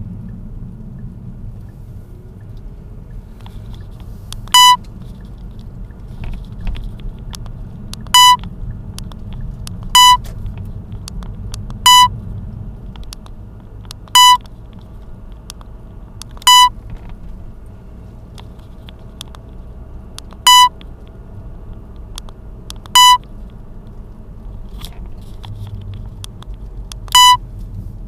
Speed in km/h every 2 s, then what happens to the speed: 16, 18, 23, 23, 24, 27, 29, 29, 29, 31, 31, 34, 33, 25.
0-21 speeds up to 34. 24-28 slows to 25.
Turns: none.